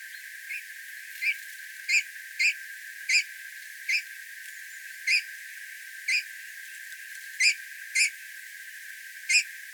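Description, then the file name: Eurasian bullfinch giving soft, short piping whistles, single notes repeated irregularly roughly once a second against a quiet background. "Pyrrhula pyrrhula"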